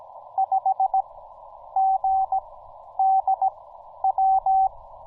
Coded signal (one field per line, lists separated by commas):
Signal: Morse code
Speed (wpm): 17 wpm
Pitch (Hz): 810 Hz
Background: none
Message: 5 GD W